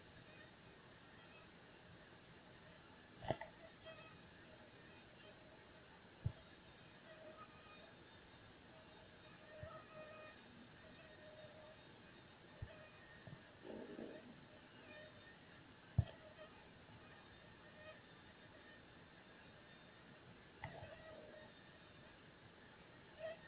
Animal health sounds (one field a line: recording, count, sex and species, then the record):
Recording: mosquito flight sound in a plastic cup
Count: one mosquito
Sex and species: not Aedes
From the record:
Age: 1 day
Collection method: larva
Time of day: 19:16